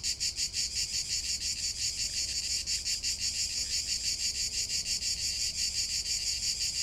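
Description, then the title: Cicadas buzzing in a dense, high-pitched chorus, the rasping drone pulsing steadily about three times a second without a break. Cicadas in Provence, heard as a backdrop to a guided siesta meditation. "Méditer en Provence avec le Chant des cigales"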